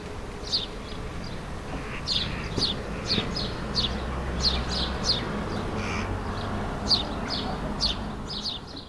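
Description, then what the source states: Sparrows chirp in sparse, spaced-out short notes, roughly one or two a second, over a continuous low rumbling background. Suburban ambient recording, May 2022, several sparrows.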